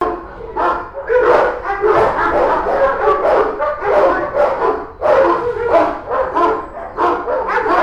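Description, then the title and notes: Dogs barking in a dense, overlapping chorus, sharp barks tumbling over one another almost without pause, with brief lulls near the five-second mark. Dogs barking in the dog department of the Albert Schweitzer animal shelter, Altenessen-Süd, Essen, Germany, as a dog returns from a walk. "Altenessen - Süd, Essen, Deutschland - essen, albert schweitzer tierheim, dogs. Im Albert Schweitzer Tierheim in der Hunde Abteilung. Die Klänge von Hundegebell als ein Tier vom "Gassi"- Gehen zurück kehrt. Projekt - Stadtklang//: Hörorte"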